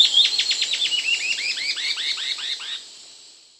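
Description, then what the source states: White-cheeked antbird song, a fast run of slurred notes descending from high, thin whistles to lower arched notes, ending abruptly. South America.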